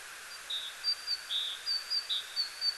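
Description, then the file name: Great tit repeating a bright two-note whistle, high note followed by a lower one, about four times in quick succession over light hiss. "Parus major"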